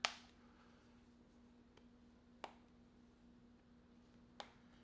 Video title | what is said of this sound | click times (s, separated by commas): You CAN’T GO WRONG With This Case! - Mous Limitless 5.0 for iPhone 15 Pro Max | nice solid clicks onto the case so you know for a fact that if you do drop this or anything along | 0.0 s, 2.4 s, 4.4 s